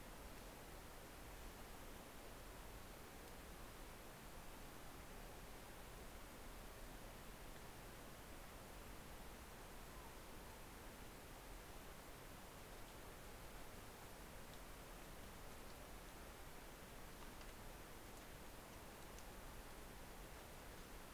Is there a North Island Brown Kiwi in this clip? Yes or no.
no